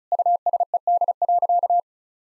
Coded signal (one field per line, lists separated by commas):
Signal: Morse code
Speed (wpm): 36 wpm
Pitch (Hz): 700 Hz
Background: none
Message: USED.